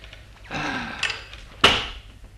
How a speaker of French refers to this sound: Allez, encore une petite pesée. Allons, saute. Oui, la porte va sauter, ça.